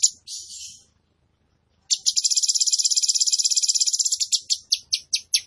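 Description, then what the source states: Tembakan bird giving a brief buzzy phrase, a pause, then a long rapid pulsed trill that gradually slows into separate notes. Training recording for caged birds; bird singing vigorously, described as gacor.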